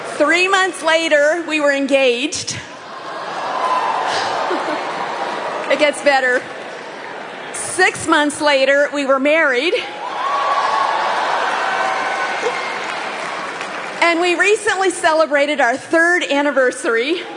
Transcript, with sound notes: Three months later we were engaged—it gets better—six months later we were married! (audience cheers) We recently celebrated our third anniversary.